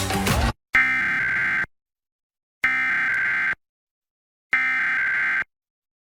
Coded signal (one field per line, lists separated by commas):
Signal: Emergency Alert System (SAME) tones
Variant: header bursts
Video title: [Part 1] Alerts from 4/6/23 - 6/14/23 [EAS #367-399]